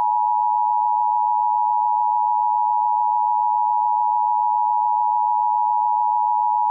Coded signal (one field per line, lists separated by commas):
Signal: Emergency Alert System (SAME) tones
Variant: 853 and 960 Hz attention tone